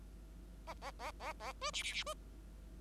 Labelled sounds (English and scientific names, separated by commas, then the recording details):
Bengalese Finch (Lonchura striata domestica) song
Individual Bird5